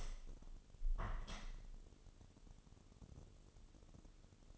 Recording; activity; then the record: daily activity, microphone in the room; open window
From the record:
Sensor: 4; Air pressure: 1015.8 hPa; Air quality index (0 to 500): 78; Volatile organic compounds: 1 ppm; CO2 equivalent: 859 ppm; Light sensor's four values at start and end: 9/20/8/7 and 9/20/8/7